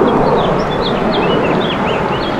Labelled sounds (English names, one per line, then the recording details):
House Finch song
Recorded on Long Island, New York, on 18 June 2012
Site OG
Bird A